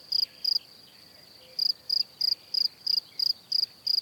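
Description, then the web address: Cricket song of sharp high chirps, two chirps, a pause of about a second, then a steady run of chirps roughly three per second. "Kurs PTTK Przyroda Ptaki Świerszcze"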